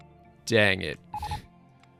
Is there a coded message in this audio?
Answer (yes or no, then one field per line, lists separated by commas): no